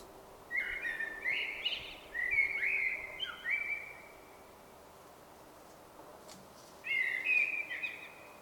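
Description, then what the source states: Common blackbird song: mellow, fluting warbled phrases, a few squeaky notes, then a pause and another rich whistled phrase, over quiet background noise. Sweden.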